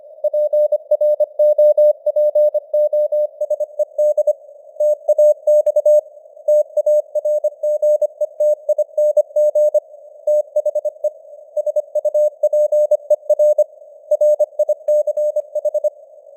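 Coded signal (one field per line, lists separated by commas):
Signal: Morse code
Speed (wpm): 25 wpm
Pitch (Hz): 600 Hz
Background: none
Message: PROPOSED TAX TARGETING THE SUPER RICH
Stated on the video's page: Morse news headlines at 25wpm with simulated radio noise and varying signal strength (QSB).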